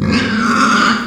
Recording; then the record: squeal of a Yucatan mini pig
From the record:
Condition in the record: after surgery on the right vocal fold (resection and tissue-engineered implant); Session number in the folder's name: 14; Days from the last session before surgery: 133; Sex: female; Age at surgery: 19 weeks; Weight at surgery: 25 kg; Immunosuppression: prednisolone